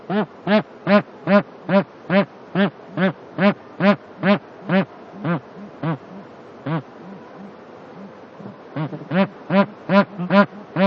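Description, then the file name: Bar-headed goose calling in a fast, regular run of nasal honks, pausing for about two seconds late in the run before the series resumes. "anser indicus"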